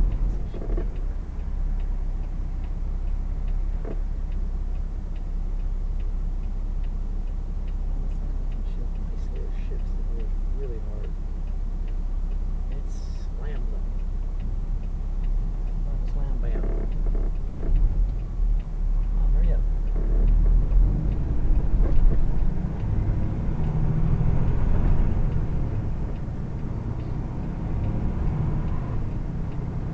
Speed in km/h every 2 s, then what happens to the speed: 3, 0, 0, 0, 0, 0, 0, 0, 2, 2, 10, 16, 16, 19, 23.
1-18 standing. 18-30 pulls away to 23.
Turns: 20-26.